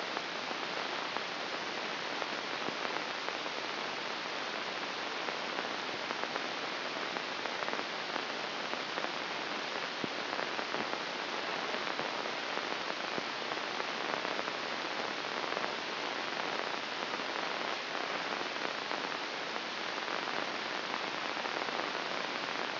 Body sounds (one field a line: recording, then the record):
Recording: brain microelectrode recording played as sound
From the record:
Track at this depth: inside the subthalamic nucleus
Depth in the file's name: 2.348 mm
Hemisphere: right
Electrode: 2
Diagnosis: Parkinson's disease